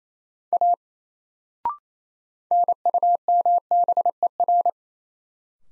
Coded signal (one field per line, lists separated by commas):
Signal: Morse code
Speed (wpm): 28 wpm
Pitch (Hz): 700 Hz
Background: none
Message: A NUMBER